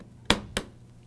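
A DDR3 memory stick is aligned and pressed into a DIMM slot on a Z87 motherboard, and its retention tab snaps into place with a sharp click at 0.3 s, while the other side locks automatically. A second, slightly quieter sharp click follows at 0.6 s. The module is seated.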